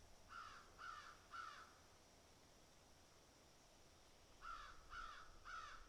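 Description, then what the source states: Crows giving harsh caws in two bursts of three, each call evenly spaced about half a second apart, separated by a pause of nearly three seconds. Crows picking and eating.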